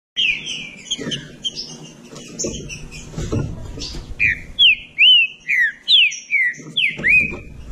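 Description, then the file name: Green-winged saltator song: softer tangled whistles at first, then a clear, quick run of loud rising and falling whistled notes. "canto do trinca ferro"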